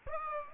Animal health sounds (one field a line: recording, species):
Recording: mosquito wingbeat signal from an infrared sensor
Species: Aedes aegypti